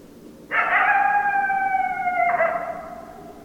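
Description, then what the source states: Coyote howl: one sustained, even note lasting nearly two seconds that breaks into a short, lower tail. Several coyotes, recorded 10 December 2012.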